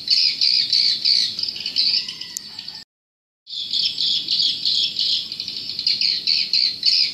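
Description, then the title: Swiftlet chorus of shrill, buzzy chirps pulsing in waves, broken by a sudden short silence near the middle before the same twittering resumes. "Suara Burung Wallet"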